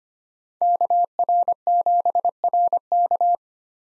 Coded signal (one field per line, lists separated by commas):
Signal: Morse code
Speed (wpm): 25 wpm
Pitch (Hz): 700 Hz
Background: none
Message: KR7RK